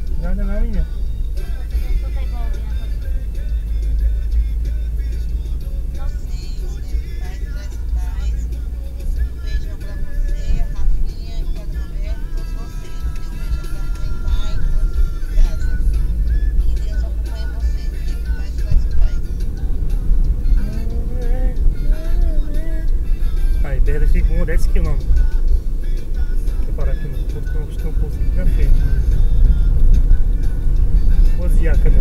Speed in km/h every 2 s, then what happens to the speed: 21, 21, 22, 22, 26, 27, 28, 30, 33, 38, 42, 41, 42, 43, 47, 50.
0-6 steady at about 21. 6-19 speeds up to 42. 19-26 steady at about 42. 26-32 speeds up to 50.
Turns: 7-18.